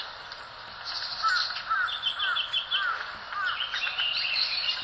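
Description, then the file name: Red-billed leiothrix calling: short arched harsh notes repeated about twice a second, with higher twittering throughout. Recorded in Sasakubo valley. "ソウシチョウ 笹窪谷Ｐ"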